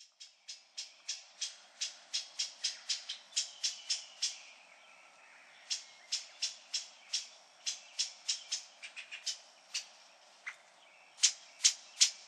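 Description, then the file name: Brown-headed thrush giving a long series of short, sharp, high chip notes, with a brief pause midway and a few louder notes at the end. Recorded at Nikko on 10 June 2011. "akahara nikko hirano"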